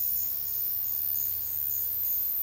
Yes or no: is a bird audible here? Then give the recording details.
no. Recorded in dense forest near Puerto Asís, Putumayo, Colombia, on 18 February 2024 at 10:30. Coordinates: 0.485, -76.322. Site G6406